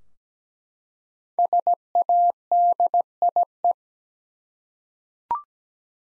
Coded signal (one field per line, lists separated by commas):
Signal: Morse code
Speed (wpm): 17 wpm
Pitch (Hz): 700 Hz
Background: none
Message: SADIE